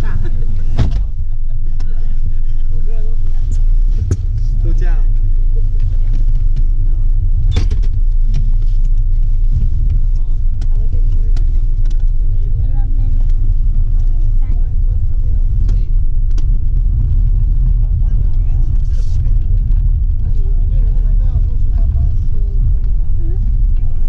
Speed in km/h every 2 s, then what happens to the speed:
4, 5, 7, 8, 7, 8, 8, 8, 8, 10, 10, 11.
0-24 steady at about 8.